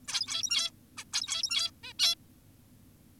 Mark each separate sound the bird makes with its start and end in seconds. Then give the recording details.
0.08-0.71, 0.97-1.04, 1.13-1.71, 1.83-1.94, 2.00-2.15. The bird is an adult. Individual g17y2U